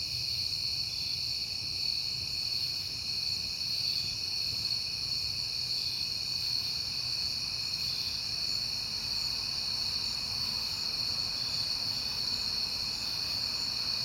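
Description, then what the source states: Crickets in a dense, steady high trill that never pauses; a faint low rumble runs underneath. Crickets at night in September, on a peaceful night.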